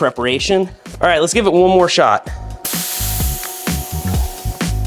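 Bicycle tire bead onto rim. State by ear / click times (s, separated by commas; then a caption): not seated / none. Someone talks while a tubeless bicycle tire is inflated to pop its rubber bead onto the rim. At about 2.6 s a loud, sudden rush of air starts and keeps hissing to the end, with another brief burst near 4.6 s. The bead has not seated yet.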